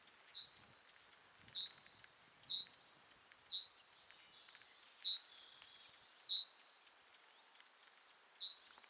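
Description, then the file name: Common chaffinch giving short, sharp, high call notes repeated every one to two seconds, with faint background hiss. "Fringilla coelebs"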